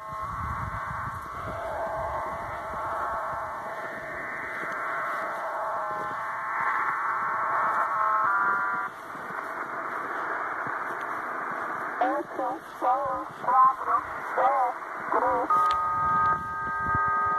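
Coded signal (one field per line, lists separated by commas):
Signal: numbers station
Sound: steady hissing data-like noise, then short choppy voice-like syllables over the hiss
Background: radio static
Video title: Cuban Spy numbers 9240 kHz USB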